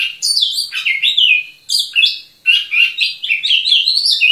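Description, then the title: Oriental magpie-robin pouring out a rapid run of bright whistles and rising and falling slurred notes with only brief pauses. Local name kacer; described as 'gacor', vigorous continuous singing. "Kacer Gacor"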